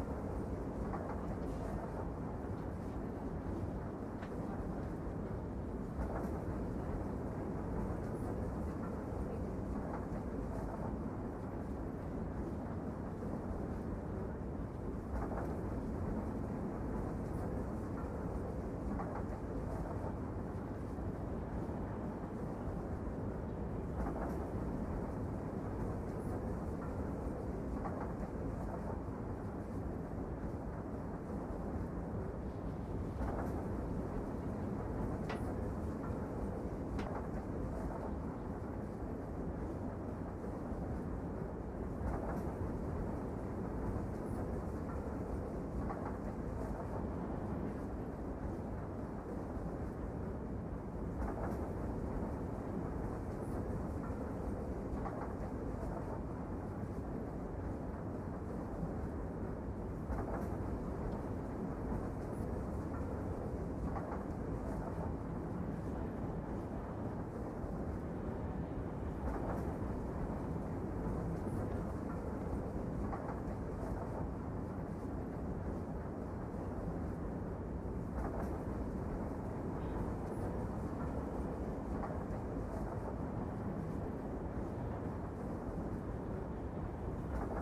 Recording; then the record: background sound without coughing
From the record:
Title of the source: Train Ride Ambience ambient white noise for sleeping, focus, studying, reading